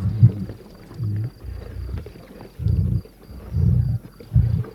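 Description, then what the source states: Lion rumbling in several deep growls, each lasting under a second, separated by short quiet gaps. Lion eating a zebra.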